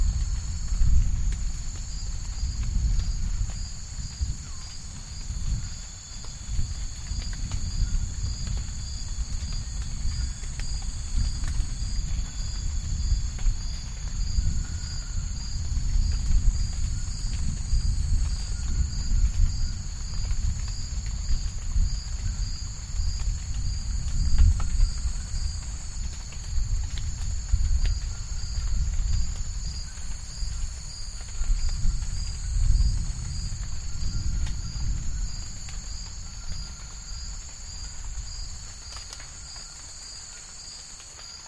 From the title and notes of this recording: Borneo Rainforest - Afternoon Storm with rolling thunder. Calm afternoon storm recorded at Tabin Wildlife Reserve in North Eastern Borneo. Recorded with Sony PCM A10 and Lom MikroUsi mics.